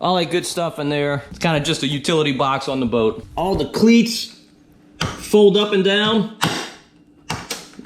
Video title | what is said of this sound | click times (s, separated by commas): Walk-through of my new Avid 19XB -- I LOVE this boat! | click into place | 7.3 s